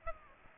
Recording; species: mosquito wingbeat signal from an infrared sensor; Aedes aegypti